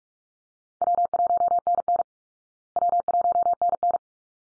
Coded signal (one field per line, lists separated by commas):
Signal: Morse code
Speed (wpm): 44 wpm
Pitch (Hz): 700 Hz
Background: none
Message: W1NN W1NN